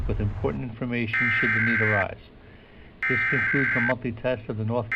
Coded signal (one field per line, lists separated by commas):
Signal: Emergency Alert System (SAME) tones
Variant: header bursts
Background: speech